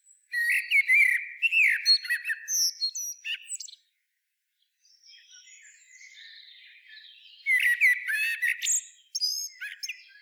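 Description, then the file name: Common blackbird chattering harshly in a long burst of scratchy notes, then quieter thin sounds, before another loud chattering run near the end. "Turdus merula"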